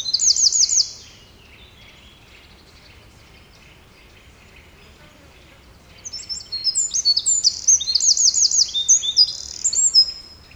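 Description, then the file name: Eurasian wren song: a brief shrill trill opens, followed by a quiet gap, then an extended high torrent of rattling trills and piercing notes. "Troglodytes troglodytes"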